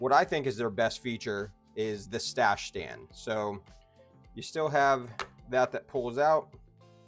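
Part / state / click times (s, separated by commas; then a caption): fold-out stand on a phone case / not seated / none. Someone talks over soft background music while handling the fold-out stand on the back of a plastic hybrid ESR phone case for the iPhone 17 Air and iPhone 17 Pro Max, which is pulled out and opened. The clip ends before the stand snaps into its open position, so nothing has seated or clicked yet.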